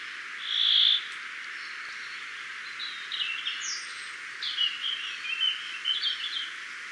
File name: Erithacus rubecula